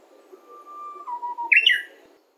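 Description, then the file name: Japanese bush warbler song, one phrase: a drawn-out low whistle that dips slightly, followed by an abrupt, loud, rising-and-falling flourish at the end. "uguisu"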